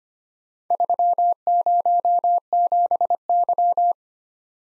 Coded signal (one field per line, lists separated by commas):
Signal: Morse code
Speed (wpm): 25 wpm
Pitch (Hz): 700 Hz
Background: none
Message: 307Y